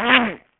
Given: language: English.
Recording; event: throat vibration sensor signal played as sound; throat clearing